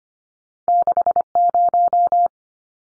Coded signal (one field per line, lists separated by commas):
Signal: Morse code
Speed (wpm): 25 wpm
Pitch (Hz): 700 Hz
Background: none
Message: 60